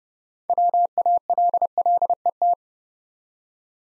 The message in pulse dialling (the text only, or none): none